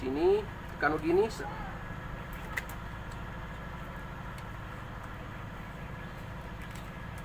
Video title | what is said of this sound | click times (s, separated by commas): Salah satu penyebab motor beat fi brebet dan solusinya | Setelah kita tekan sampai bunyi klik, | 2.6 s